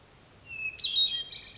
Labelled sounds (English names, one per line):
Hermit Thrush